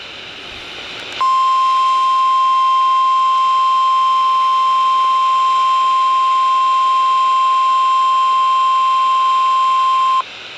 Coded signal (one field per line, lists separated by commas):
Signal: Emergency Alert System (SAME) tones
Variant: 1050 Hz attention tone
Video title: Tornado Watch 89 On WXJ75 & WDZQ-FM 4/2/2026 (EAS #3,139-3,140)